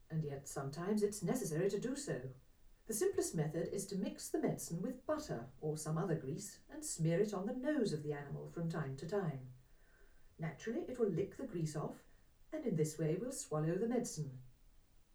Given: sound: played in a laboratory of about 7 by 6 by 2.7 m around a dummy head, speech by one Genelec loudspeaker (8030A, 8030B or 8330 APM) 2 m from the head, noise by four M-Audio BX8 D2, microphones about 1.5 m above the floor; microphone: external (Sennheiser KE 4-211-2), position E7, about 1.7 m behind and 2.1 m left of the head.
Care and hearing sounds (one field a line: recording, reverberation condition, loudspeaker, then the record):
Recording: female speech in English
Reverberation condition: low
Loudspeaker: in front (0 degrees)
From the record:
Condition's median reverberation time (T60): about 310 ms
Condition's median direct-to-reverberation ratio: about 3.5 dB